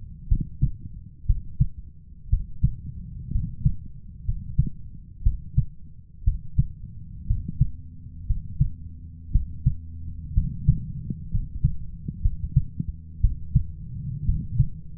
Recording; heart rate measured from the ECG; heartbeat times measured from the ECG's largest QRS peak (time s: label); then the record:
heart sounds by stethoscope; 60 bpm
0.27 s: heartbeat
1.25 s: heartbeat
2.29 s: heartbeat
3.31 s: heartbeat
4.24 s: heartbeat
5.22 s: heartbeat
6.23 s: heartbeat
7.26 s: heartbeat
8.26 s: heartbeat
9.31 s: heartbeat
10.33 s: heartbeat
11.30 s: heartbeat
12.21 s: heartbeat
13.20 s: heartbeat
14.24 s: heartbeat
From the record:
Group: healthy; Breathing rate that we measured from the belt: 16 breaths a minute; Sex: male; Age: 23 years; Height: 178 cm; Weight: 96.6 kg